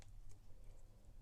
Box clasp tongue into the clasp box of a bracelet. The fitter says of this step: yes it does so that snaps into place